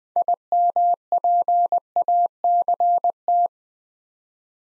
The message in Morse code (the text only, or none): IMPACT